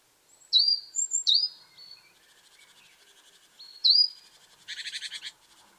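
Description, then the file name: Great tit calls: three sharp high notes dropping in pitch, given singly with gaps between them, followed by a short buzzy rattle near the end; faint soft background chatter. "Parus major"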